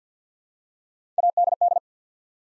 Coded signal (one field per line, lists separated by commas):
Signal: Morse code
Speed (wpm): 49 wpm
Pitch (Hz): 700 Hz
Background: none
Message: ADD